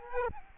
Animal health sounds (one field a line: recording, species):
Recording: mosquito wingbeat signal from an infrared sensor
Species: Aedes aegypti